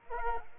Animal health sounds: mosquito wingbeat signal from an infrared sensor; Culex quinquefasciatus

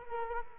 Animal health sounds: mosquito wingbeat signal from an infrared sensor; Culex quinquefasciatus

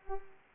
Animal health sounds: mosquito wingbeat signal from an infrared sensor; Culex pipiens

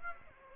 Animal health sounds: mosquito wingbeat signal from an infrared sensor; Aedes aegypti

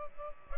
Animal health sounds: mosquito wingbeat signal from an infrared sensor; Culex pipiens

